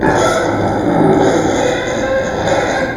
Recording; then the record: squeal of a Yucatan mini pig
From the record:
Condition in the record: before surgery on the right vocal fold (resection and tissue-engineered implant); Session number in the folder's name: 1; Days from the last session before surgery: -21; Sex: female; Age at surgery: 19 weeks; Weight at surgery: 25 kg